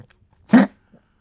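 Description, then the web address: Pug gagging, a single short throaty choking smack lasting a fraction of a second, otherwise quiet. Pug gagging and smacking, short. "soundpool sounds natur-tiere hunde"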